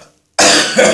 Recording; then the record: coughing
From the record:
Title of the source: Wet Throat Infection Cough